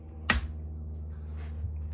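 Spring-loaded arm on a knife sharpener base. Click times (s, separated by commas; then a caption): 0.3 s. The collapsed spring-loaded arm on a TSPROF Kadet Pro knife sharpener base is clicked back into place after its button was pressed and the arm dropped down. A loud, sharp click comes at 0.3 s, followed by quiet low hum and faint handling noise. The arm seats.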